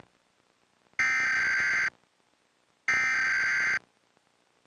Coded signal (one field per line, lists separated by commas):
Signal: Emergency Alert System (SAME) tones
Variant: header bursts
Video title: FEMA National Emergency Alert System Test (2011 & 2023)